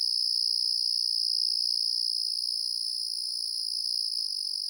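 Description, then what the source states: Crickets produce an unbroken shrill, pulsing buzz at a fixed high pitch, steady in level from start to finish. Crickets calling on a night in the countryside.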